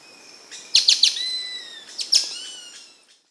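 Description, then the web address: Spix's woodcreeper song: a few sharp high notes, then long, clear, slightly falling whistles in layered tones, repeated once after a short pause. Amazon, Peru. "Natures Songs S America Birds of the Amazon 2. Spix's Woodcreeper (Xiphorhynchus spixii), Peru"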